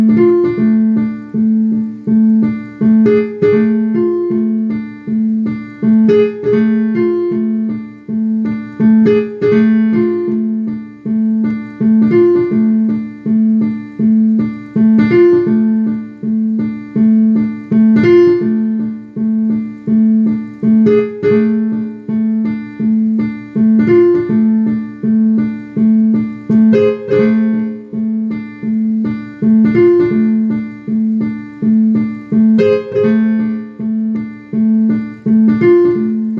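Piano or keyboard notes repeat in a steady, even rhythm for the whole stretch, with one low note struck again and again. Higher notes alternate above it in a simple looping pattern, a little brighter every few seconds, and the pace never changes.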